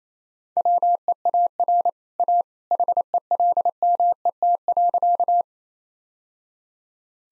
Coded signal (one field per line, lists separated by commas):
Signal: Morse code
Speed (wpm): 28 wpm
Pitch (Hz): 700 Hz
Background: none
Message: WEAR A HELMET.